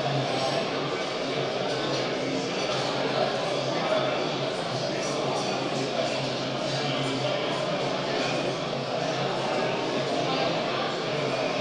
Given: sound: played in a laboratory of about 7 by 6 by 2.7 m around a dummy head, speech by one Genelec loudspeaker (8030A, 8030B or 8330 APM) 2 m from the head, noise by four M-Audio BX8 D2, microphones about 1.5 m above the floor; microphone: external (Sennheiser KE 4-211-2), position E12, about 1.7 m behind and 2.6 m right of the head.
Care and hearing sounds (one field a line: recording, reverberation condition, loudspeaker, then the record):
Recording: cafeteria noise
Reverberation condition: high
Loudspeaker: four, about 170 cm from the corners of the room and facing them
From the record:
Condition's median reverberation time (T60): about 1300 ms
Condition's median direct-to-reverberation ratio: about -4.0 dB